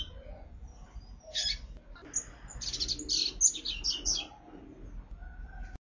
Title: Canto Coleiro